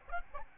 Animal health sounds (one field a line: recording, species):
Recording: mosquito wingbeat signal from an infrared sensor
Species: Aedes albopictus